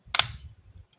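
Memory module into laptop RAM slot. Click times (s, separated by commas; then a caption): 0.1 s. A laptop memory stick is pressed down into the laptop's only RAM slot, and the side retaining clips snap over it with a sharp, bright click at 0.2 s. A second click follows close behind, and the sound trails into a faint low rumble. The module is seated.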